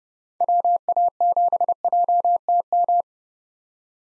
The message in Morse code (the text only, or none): WA7JTM